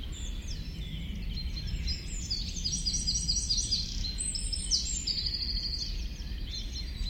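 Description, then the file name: Eurasian wren song, fast, high-pitched trilling phrases and tinkling note runs repeated throughout over a low background rumble. "Troglodytes troglodytes"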